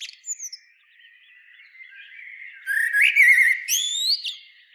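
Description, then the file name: Common blackbird with faint opening notes, then a rising whistle that breaks into quivering high twitters and an upslurred squeak. "Turdus merula"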